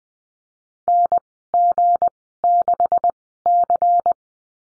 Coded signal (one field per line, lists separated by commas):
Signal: Morse code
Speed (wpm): 21 wpm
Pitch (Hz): 700 Hz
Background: none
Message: NG6C